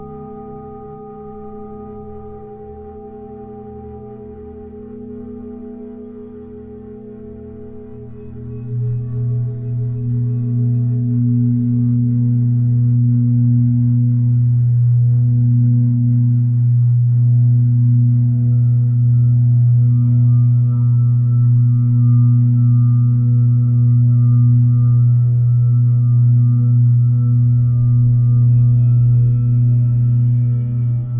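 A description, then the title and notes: Tibetan singing bowls hum in a steady, low resonant drone with clear ringing overtones above. The sound is soft for the first eight seconds, then swells noticeably louder and stays full, with a slow pulsing shimmer as the bowl is rubbed continuously. The resonating sounds of the Tibetan singing bowls.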